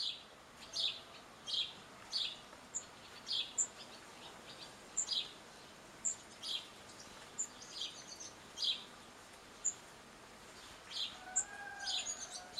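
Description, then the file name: House sparrow chirps, short bright notes repeated roughly every half to one second, with faint high ticking notes above and a steady low background hiss. "Passer domesticus"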